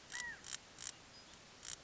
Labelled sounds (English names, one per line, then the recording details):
California Quail
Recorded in Sonoma County, California